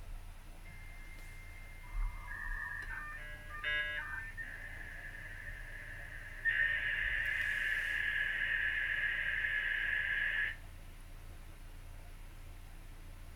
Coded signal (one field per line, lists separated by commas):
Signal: dial-up modem handshake